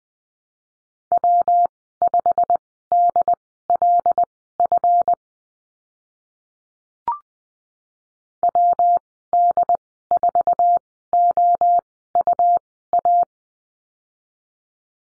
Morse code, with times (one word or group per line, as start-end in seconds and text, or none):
1.1-5.1 W5DLF
8.4-13.2 WD4OUA